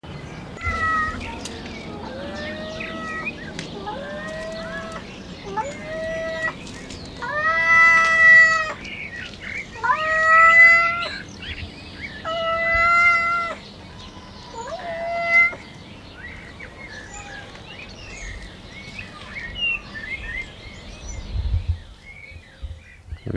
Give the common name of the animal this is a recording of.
Wildcat